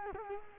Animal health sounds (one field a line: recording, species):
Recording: mosquito wingbeat signal from an infrared sensor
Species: Culex quinquefasciatus